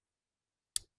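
A halogen headlight bulb is pushed into its stock plastic wiring harness connector, which has a red locking tab. After near silence, a single sharp, bright click lands at 0.8 s and decays quickly. The bulb is seated in the connector.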